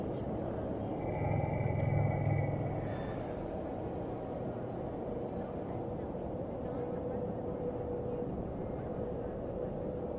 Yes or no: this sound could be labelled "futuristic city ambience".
yes